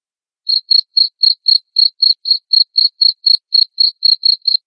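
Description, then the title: Cricket chirps begin after half a second of quiet, then brief high pulses repeat evenly at roughly four per second. Loud cricket chirping (ngerik) said to make lovebirds sing ngekek continuously. "Suara JANGKRIK NGERIK Keras Bikin LOVEBIRD Jadi NGEKEK Terus Vubey"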